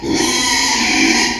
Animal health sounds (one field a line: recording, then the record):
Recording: squeal of a Yucatan mini pig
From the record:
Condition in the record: after surgery on the right vocal fold (resection and tissue-engineered implant)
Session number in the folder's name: 2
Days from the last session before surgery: 13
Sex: male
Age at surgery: 12 weeks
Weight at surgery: 13 kg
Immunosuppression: cyclosporine, prednisolone